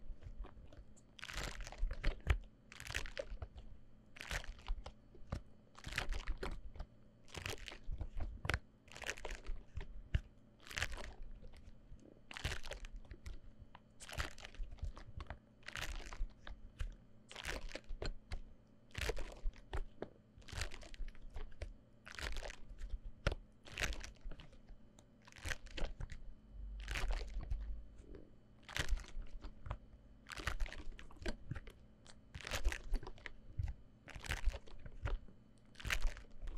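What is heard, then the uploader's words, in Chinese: Comb and massage-tool sounds: short, crisp, crunchy scratching strokes repeat at a steady pace of about one per second for the whole stretch. A faint low hum runs underneath throughout, with a few soft low thumps now and then. 梳子&按摩器具觸發。Massage Triggers。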